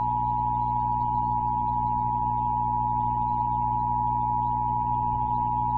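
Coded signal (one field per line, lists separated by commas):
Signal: Emergency Alert System (SAME) tones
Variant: 853 and 960 Hz attention tone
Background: music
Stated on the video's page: Remastered EAS alert for a severe weather warning.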